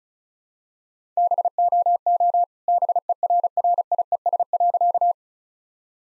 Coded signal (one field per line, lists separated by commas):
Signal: Morse code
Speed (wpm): 34 wpm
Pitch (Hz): 700 Hz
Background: none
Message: BOO BERRIES.